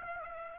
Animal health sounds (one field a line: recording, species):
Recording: mosquito wingbeat signal from an infrared sensor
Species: Aedes aegypti